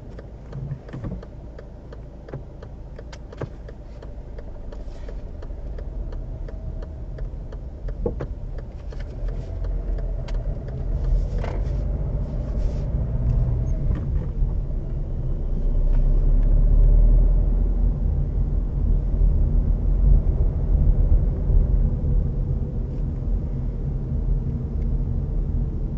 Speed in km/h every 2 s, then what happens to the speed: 0, 0, 2, 6, 6, 9, 17, 15, 20, 20, 23, 21, 20.
0-4 standing. 4-16 pulls away to 20. 16-26 steady at about 20.